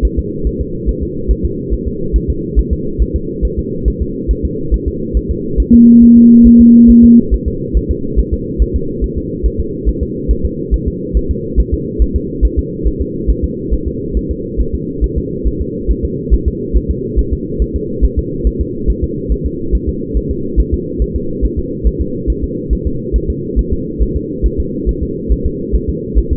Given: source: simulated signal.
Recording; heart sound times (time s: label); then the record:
fetal heart sounds
0.05 s: S1
0.19 s: S2
0.47 s: S1
0.61 s: S2
0.89 s: S1
1.03 s: S2
1.31 s: S1
1.45 s: S2
1.73 s: S1
1.88 s: S2
2.16 s: S1
2.30 s: S2
2.59 s: S1
2.73 s: S2
3.02 s: S1
3.16 s: S2
3.45 s: S1
3.59 s: S2
3.88 s: S1
4.02 s: S2
4.31 s: S1
4.45 s: S2
4.74 s: S1
4.88 s: S2
5.17 s: S1
5.31 s: S2
5.60 s: S1
5.74 s: S2
6.03 s: S1
6.17 s: S2
6.47 s: S1
6.61 s: S2
6.90 s: S1
7.04 s: S2
7.34 s: S1
7.48 s: S2
7.77 s: S1
7.91 s: S2
8.20 s: S1
8.34 s: S2
8.62 s: S1
8.76 s: S2
9.04 s: S1
9.18 s: S2
9.46 s: S1
9.60 s: S2
9.89 s: S1
10.03 s: S2
10.31 s: S1
10.45 s: S2
10.74 s: S1
10.88 s: S2
11.17 s: S1
11.31 s: S2
11.60 s: S1
11.74 s: S2
12.02 s: S1
12.16 s: S2
12.45 s: S1
12.59 s: S2
12.87 s: S1
13.02 s: S2
13.30 s: S1
13.44 s: S2
13.73 s: S1
13.88 s: S2
14.17 s: S1
14.31 s: S2
14.61 s: S1
14.75 s: S2
15.04 s: S1
15.18 s: S2
15.47 s: S1
15.62 s: S2
15.91 s: S1
16.05 s: S2
16.34 s: S1
16.48 s: S2
16.77 s: S1
16.91 s: S2
17.19 s: S1
17.33 s: S2
17.62 s: S1
17.76 s: S2
18.05 s: S1
18.19 s: S2
18.47 s: S1
18.61 s: S2
18.90 s: S1
19.04 s: S2
19.32 s: S1
19.46 s: S2
19.75 s: S1
19.89 s: S2
20.17 s: S1
20.31 s: S2
20.60 s: S1
20.74 s: S2
21.02 s: S1
21.16 s: S2
21.45 s: S1
21.59 s: S2
21.87 s: S1
22.01 s: S2
22.30 s: S1
22.44 s: S2
22.73 s: S1
22.87 s: S2
23.16 s: S1
23.30 s: S2
23.59 s: S1
23.73 s: S2
24.02 s: S1
24.17 s: S2
24.46 s: S1
24.60 s: S2
24.89 s: S1
25.03 s: S2
25.32 s: S1
25.46 s: S2
25.75 s: S1
25.90 s: S2
26.19 s: S1
26.33 s: S2
From the record:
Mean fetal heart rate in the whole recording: 140 bpm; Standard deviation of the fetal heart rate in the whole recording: 2 bpm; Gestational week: 34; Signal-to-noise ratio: -6.6 dB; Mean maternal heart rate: 72 bpm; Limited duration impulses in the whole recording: present